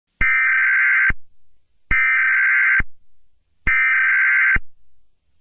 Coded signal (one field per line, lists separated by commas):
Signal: Emergency Alert System (SAME) tones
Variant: header bursts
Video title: EAS Comedy: Lewd Santa Alert